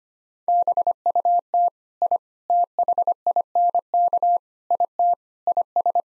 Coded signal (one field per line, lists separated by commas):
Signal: Morse code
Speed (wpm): 25 wpm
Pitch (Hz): 700 Hz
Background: none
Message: BUT I THINK IT IS